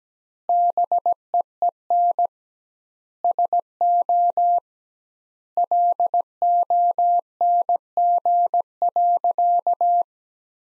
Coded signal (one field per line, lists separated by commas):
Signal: Morse code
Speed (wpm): 17 wpm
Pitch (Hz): 700 Hz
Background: none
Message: BEEN SO LONG.